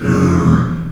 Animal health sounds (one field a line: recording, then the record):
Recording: squeal of a Yucatan mini pig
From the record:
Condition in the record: after surgery on the right vocal fold (resection and tissue-engineered implant)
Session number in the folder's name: 12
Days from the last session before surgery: 105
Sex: female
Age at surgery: 19 weeks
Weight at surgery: 25 kg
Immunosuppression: prednisolone